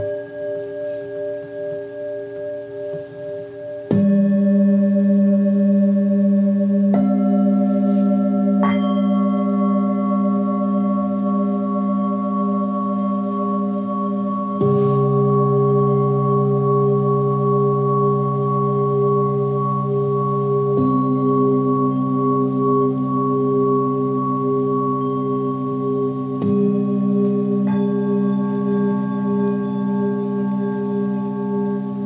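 Tibetan singing bowls ring in long, overlapping tones, with a new bowl struck every few seconds, around 4, 7, 9, 15, 21 and 26 seconds. Each low, humming note swells and wobbles as it sustains, layered under fainter bright shimmering overtones.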